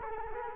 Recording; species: mosquito wingbeat signal from an infrared sensor; Culex quinquefasciatus